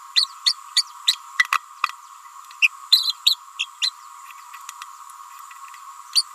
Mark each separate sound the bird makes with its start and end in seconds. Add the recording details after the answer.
0.15-0.28, 0.46-0.54, 0.76-0.85, 1.07-1.15, 1.52-1.59, 2.61-2.68, 2.91-3.14, 3.25-3.36, 3.59-3.68, 3.81-3.92, 6.14-6.25. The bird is a female. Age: 29 days. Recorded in a nest box in Venezuela. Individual 17B31A3